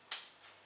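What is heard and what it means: Pressing the green release button on a cocked plastic finger-pricking device fires its spring-loaded lancet with a single sharp, bright click at 0.1 s that fades quickly into quiet. The lancet is released.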